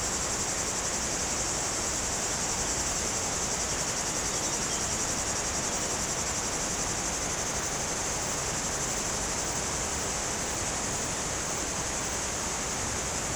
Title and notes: Sur les pentes du Grand Colombier au dessus de Culoz , par cette chaude journée les cigales sont très actives dans les arbres près du Jourdan.